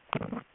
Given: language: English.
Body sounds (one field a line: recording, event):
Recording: throat vibration sensor signal played as sound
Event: swallow